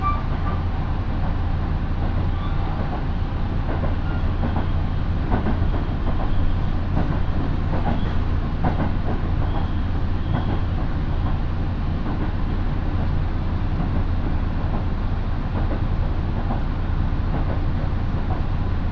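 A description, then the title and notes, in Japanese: A local train rolls steadily between stations, a dense low rumble with faint rail clicks and brief squeaks, quieting somewhat after twelve seconds. 身延線普通 芝川→身延。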